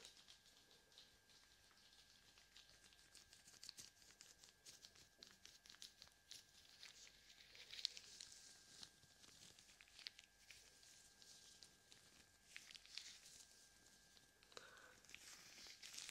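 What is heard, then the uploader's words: Gloved hands cup and rub over the ears, a dense, steady crinkly rustle with frequent soft taps and a faint constant tone underneath. ASMR Ear Cupping with Gloves.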